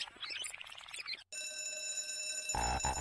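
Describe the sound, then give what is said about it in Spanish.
A loud electric bell rings for recess in a rapid, rattling trill, breaks off briefly, then resumes as a steady, bright, sustained ring with a noisy burst near the end. No one speaks. “¿Y ese timbre?”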